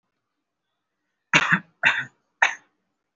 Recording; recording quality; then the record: shallow voluntary cough; excellent, no background noise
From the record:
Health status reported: recovered from COVID-19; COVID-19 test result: positive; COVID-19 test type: RT-PCR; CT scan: not taken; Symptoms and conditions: cold, asthma, another condition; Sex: male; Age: 19 years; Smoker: no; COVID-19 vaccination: one dose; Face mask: worn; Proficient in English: yes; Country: India